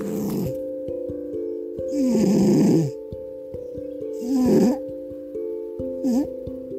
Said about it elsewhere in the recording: I've been self-isolating for about 5 weeks now, just me and my cat, and this is the sound of her snoring. Having a good dream.